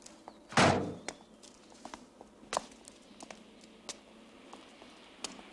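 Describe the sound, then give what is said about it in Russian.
A car door shuts with a loud, heavy thunk as the driver gets out of the car, followed by a sharper knock a couple of seconds later and a scatter of soft, irregular footsteps and small clicks. “Из машины выходит водитель и вызывающе подходит к Андрею.”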